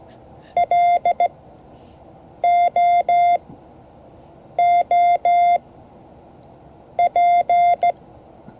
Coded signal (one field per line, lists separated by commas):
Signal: Morse code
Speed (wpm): 16 wpm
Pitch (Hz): 700 Hz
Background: none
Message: LOOP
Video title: Morse code class 2024-07-30 (5 of 12)